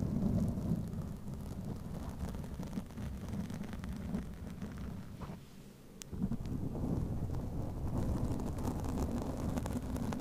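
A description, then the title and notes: Microphone scratching with no talking: a dense, low, rumbling rub runs almost the whole time, scattered with fine scratchy crackles. Around five to six seconds it eases and goes quieter, then a sharp click marks its return at full strength. ASMR Mic Scratching no Talking, MIT/OHNE Cover.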